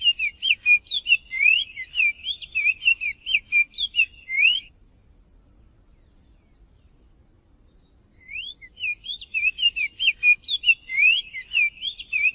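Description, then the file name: Cinnamon tanager song in two bursts of lively swooping whistled notes, separated by about three and a half seconds of quiet. "bico de veludo"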